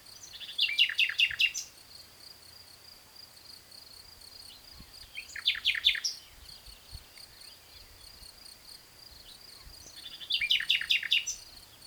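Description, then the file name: Common nightingale singing three similar phrases spaced a few seconds apart, each a quick cascade of descending buzzy chirps, with a steady high-pitched drone between them. "Luscinia megarhynchos"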